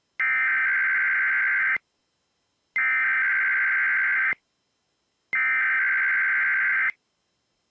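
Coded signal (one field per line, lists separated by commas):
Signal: Emergency Alert System (SAME) tones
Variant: header bursts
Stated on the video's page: KDKA AM random test of the Emergency Alert System.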